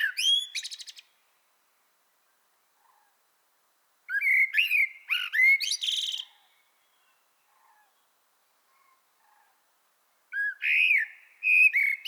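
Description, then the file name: Common blackbird song phrases roughly every four to six seconds, low flute-like warbling followed by sharp high-pitched squeaks, with silence between. "Turdus merula"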